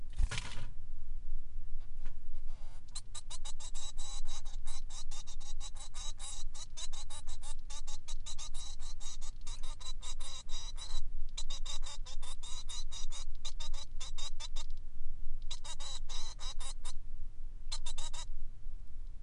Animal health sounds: song of a male Bengalese finch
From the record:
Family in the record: son of father 3

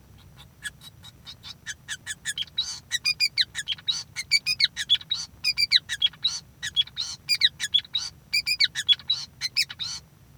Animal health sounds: song of a male Bengalese finch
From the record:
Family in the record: son of father 5

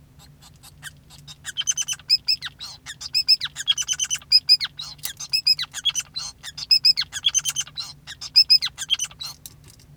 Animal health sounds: song of a male Bengalese finch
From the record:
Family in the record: son of father 5

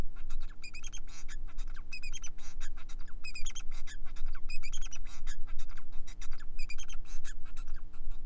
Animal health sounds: song of a male Bengalese finch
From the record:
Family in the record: son of father 4

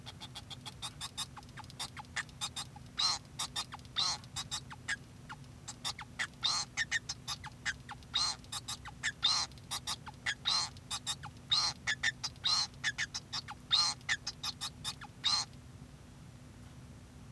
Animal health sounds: song of a male Bengalese finch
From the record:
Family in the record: son of father 2

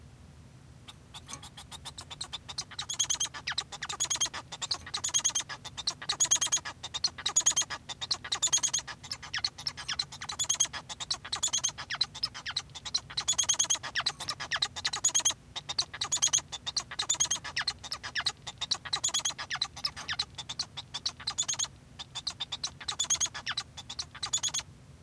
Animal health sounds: song of a male Bengalese finch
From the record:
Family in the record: son of father 1

